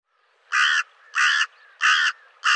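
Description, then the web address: Bird repeating a harsh, grating call four times in quick, steady succession, loud throughout. "cianscape birddata Deverinetal 2025"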